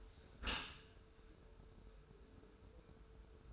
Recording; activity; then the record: daily activity, microphone in the room; close dishwasher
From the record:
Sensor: 2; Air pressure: 1014.8 hPa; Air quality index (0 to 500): 25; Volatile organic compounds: 0 ppm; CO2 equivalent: 504 ppm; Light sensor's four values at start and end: 10/22/9/9 and 10/22/9/9